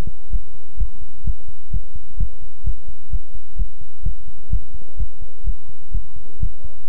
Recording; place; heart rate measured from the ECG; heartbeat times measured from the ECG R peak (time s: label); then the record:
heart sounds by stethoscope; between the tricuspid and mitral areas; 128 bpm
0.30 s: heartbeat
0.77 s: heartbeat
1.24 s: heartbeat
1.70 s: heartbeat
2.17 s: heartbeat
2.63 s: heartbeat
3.10 s: heartbeat
3.56 s: heartbeat
4.03 s: heartbeat
4.49 s: heartbeat
4.97 s: heartbeat
5.44 s: heartbeat
5.91 s: heartbeat
6.39 s: heartbeat
6.87 s: heartbeat
From the record:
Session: pedaling a stationary bicycle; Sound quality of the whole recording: good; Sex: male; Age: 24 years